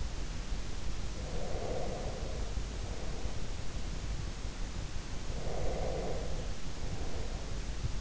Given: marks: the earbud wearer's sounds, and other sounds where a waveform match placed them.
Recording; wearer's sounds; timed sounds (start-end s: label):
sounds in sleep by an in-ear microphone; breath
1.19-3.79 s: breath
5.42-8.01 s: breath